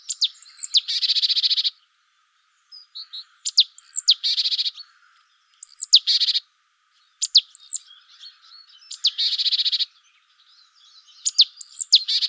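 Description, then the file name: Great tit scolding calls: two sharp, high, down-slurred notes, then a harsh buzzy churr. The calls repeat several times, with faint twittering between bouts. "Parus major"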